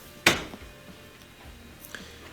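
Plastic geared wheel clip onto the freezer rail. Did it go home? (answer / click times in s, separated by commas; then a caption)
yes / 0.3 s, 1.9 s. Plastic gear clips at the back of the freezer drawer rails are pushed down hard until they snap back into place, the right one first and then the left. A loud, sharp click lands at 0.3 s, and a quieter, shorter click follows at 1.9 s. Both clips are seated.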